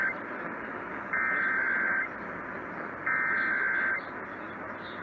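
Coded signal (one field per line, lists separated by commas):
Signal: Emergency Alert System (SAME) tones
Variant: header bursts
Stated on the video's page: EAS Required Weekly Tests from two broadcast radio stations.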